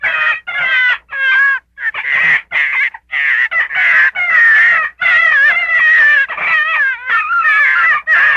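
Gray fox calling almost nonstop with wavering, whining yelps, about one or two each second, each rising and falling slightly, with only very short pauses between them.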